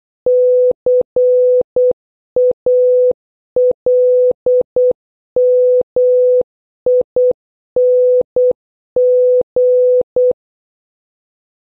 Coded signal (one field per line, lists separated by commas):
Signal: Morse code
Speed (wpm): 8 wpm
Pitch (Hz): 500 Hz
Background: none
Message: CALMING